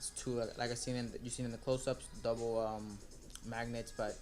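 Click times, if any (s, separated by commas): none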